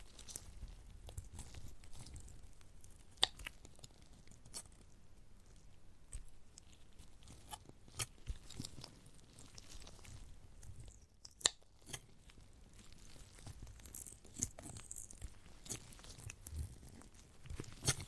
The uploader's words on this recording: ASMR of a Giant Gummy Bear (No Talking).